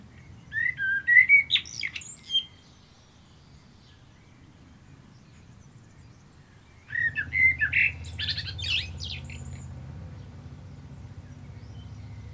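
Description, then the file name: Common blackbird offering two separate song phrases, each a short fluted warble ending in a scratchy twitter, the second over a low rumbling background. "Turdus merula"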